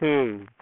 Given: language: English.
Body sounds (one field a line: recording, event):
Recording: throat vibration sensor signal played as sound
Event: speech